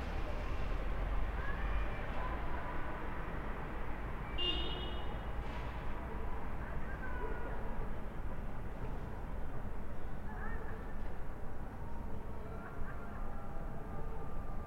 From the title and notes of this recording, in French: Applaudissements et protestations aux balcons et fenêtresRue Roger Salengro, quartier de Vaise - Lyon. Contributeur : Gilles Malatray - "Des sons à ta fenêtre - Sounds at your window ".